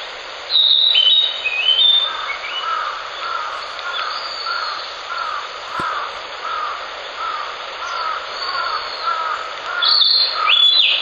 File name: キビタキ